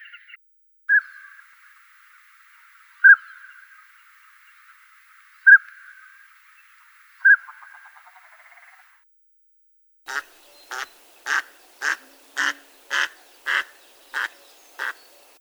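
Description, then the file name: Northern pintail calls, a few brief whistled notes spaced about two seconds apart, then a quick series of nine short harsh notes. "Anas acuta"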